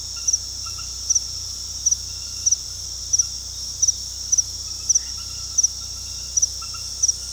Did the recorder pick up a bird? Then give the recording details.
no. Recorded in pastures near Puerto Asís, Putumayo, Colombia, on 19 February 2024 at 22:30. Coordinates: 0.486, -76.323. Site G6462